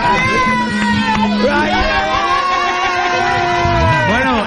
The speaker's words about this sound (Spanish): Este grito que acabáis de escuchar es porque viene el McDonald's, tío.